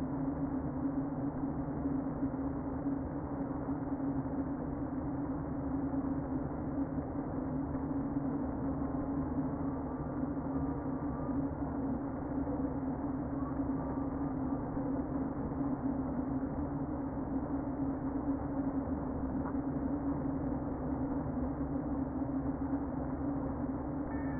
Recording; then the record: honeybee colony, microphone inside the hive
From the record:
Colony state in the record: queen present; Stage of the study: before two queens were removed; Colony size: about 60,000 bees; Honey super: yes